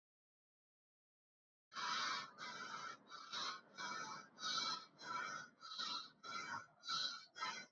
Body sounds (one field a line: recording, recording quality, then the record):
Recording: deep breathing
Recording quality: excellent, no background noise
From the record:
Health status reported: healthy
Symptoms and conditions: none ticked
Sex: male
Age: 25 years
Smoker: not ticked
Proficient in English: yes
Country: India